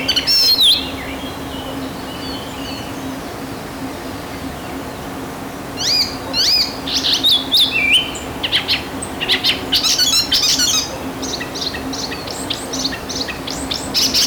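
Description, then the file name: Icterine warbler song, a fast varied jumble of high chattering, squeaky and whistled notes in bursts, denser in the second half, over a steady low hum. Recorded at Siljansnäs, Sweden. "Härmsångare Siljansnäs"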